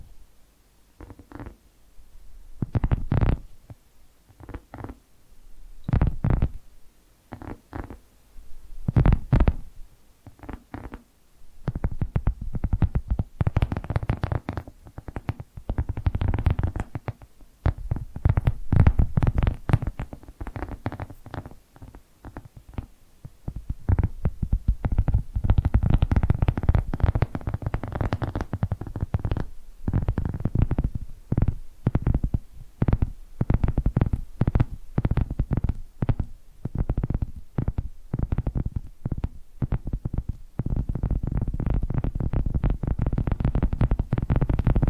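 Tapping triggers: muffled, low thuds struck in separate taps with short pauses for the first twenty-five seconds or so. After that the tapping turns quick and almost continuous, a steady run of soft knocks that holds to the end.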